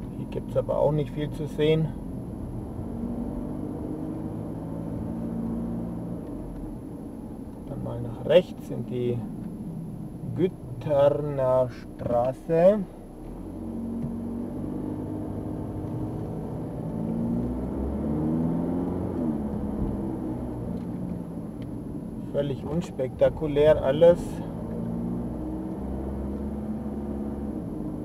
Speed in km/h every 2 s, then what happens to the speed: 25, 28, 33, 32, 23, 10, 3, 7, 20, 35, 34, 20, 22, 26.
0-4 speeds up to 33. 6-11 brakes to 3. 13-18 speeds up to 35. 20-22 brakes to 20. 22-28 speeds up to 26.